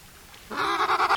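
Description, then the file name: Weddell seal call, a bleating, pulsed burst that breaks into a few quick throbbing pulses, over a faint hissing background. Weddell seals underwater via hydrophone in McMurdo Sound, Ross Sea, Antarctica. "Doug Quinn"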